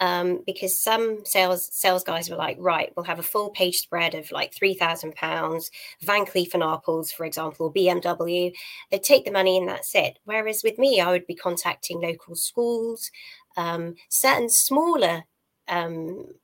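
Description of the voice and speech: An adult woman, a figure skater and marketing professional living in London, speaks fluently and conversationally in a small room, with a few fillers and ordinary pauses.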